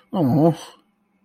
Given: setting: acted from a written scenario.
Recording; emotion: vocal sound without words; sympathy